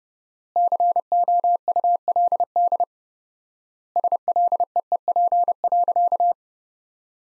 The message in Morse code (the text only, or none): COULD SLEEP.